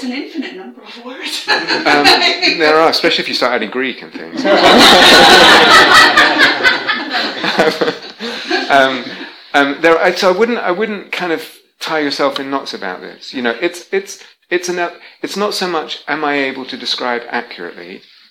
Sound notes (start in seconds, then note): 1.4 laughs; 4.3 laughter